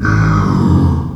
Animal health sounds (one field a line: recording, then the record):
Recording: squeal of a Yucatan mini pig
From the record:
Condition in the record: after surgery on the right vocal fold (resection and tissue-engineered implant)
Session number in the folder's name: 16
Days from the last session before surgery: 183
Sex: female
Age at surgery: 19 weeks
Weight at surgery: 25 kg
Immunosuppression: prednisolone